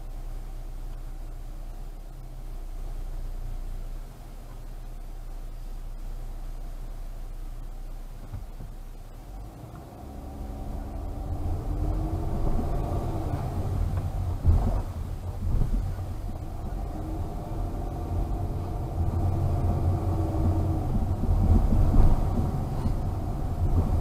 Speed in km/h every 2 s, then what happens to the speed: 5, 5, 5, 5, 5, 5, 13, 9, 11, 18, 23, 24.
0-10 steady at about 5. 10-12 speeds up to 13. 15-20 speeds up to 23.